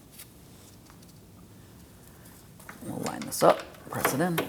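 The second transmission cooler line is being lined up with its radiator fitting on a 2003-2007 Cadillac CTS 3.6L V6 before it is pressed in. Someone talks over a few faint handling taps and rustles in a quiet space, with louder movement near the end. Nothing has seated or clicked yet.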